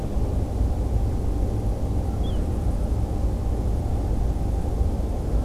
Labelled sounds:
Little Ringed Plover (Charadrius dubius)
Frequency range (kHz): Little Ringed Plover (Charadrius dubius) 2.7-3.7 kHz
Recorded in France

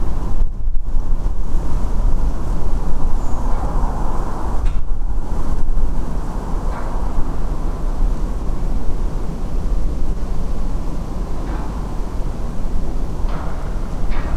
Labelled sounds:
Redwing (Turdus iliacus)
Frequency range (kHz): Redwing (Turdus iliacus) 6.0-7.8 kHz
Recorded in France

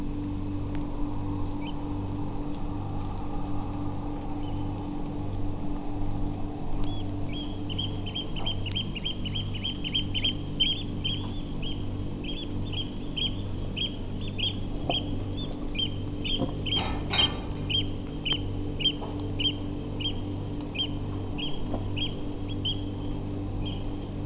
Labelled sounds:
Eurasian Oystercatcher (Haematopus ostralegus)
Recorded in France

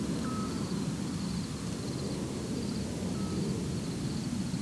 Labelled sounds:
unidentified animal sound, Eurasian Scops Owl (Otus scops)
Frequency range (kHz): Eurasian Scops Owl (Otus scops) 0.9-1.9 kHz
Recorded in France

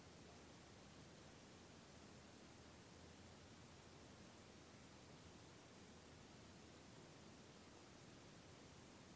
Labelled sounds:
none
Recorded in France

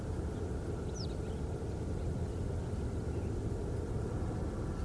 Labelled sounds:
Western Yellow Wagtail (Motacilla flava)
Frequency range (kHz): Western Yellow Wagtail (Motacilla flava) 2.6-6.8 kHz
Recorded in France

